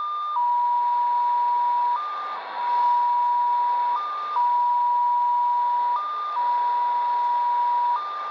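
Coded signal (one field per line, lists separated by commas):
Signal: numbers station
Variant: XPA2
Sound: steady tone near 1 kHz, briefly stepping slightly higher every 2 seconds, over hiss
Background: radio static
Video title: Degen DE-1103 - XPA2 18/12/2022 1130 UTC 17451kHz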